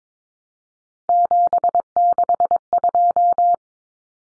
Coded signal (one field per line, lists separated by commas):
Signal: Morse code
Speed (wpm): 22 wpm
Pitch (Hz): 700 Hz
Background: none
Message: 762